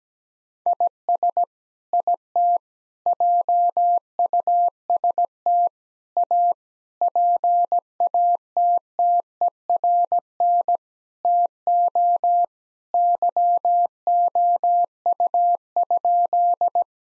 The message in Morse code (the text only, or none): IS IT JUST A PATTERN TO YOU?